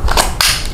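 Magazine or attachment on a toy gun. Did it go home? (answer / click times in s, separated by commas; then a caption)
no / none. A heavy magazine or attachment is handled against a toy gun, where it must go in until it clicks so it does not fall out. Two sharp, brief handling sounds occur at about 0.1 s and 0.4 s, the second louder. Nothing has seated or clicked yet.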